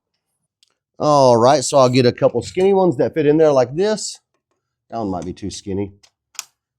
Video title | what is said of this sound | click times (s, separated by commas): 1968 Ford F100 Full Chassis Swap with a Mercury Grand Marquis Part 3 | but it clicks right there clicks right in there | 6.4 s